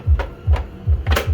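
A CMVT Auto 4x6 LED headlight assembly, lined up with its screw holes, is pressed onto a vehicle's headlight mounting bracket so its plastic retaining clips can engage. Low, repeating thumps and a steady hum run under two sharp, bright taps near 0.2 and 1.1 seconds. The headlight is only being handled, and nothing has seated or clicked yet.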